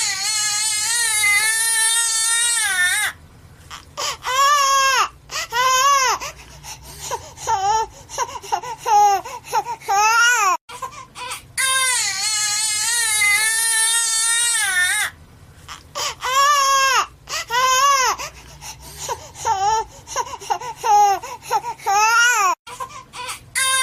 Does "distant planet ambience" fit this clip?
no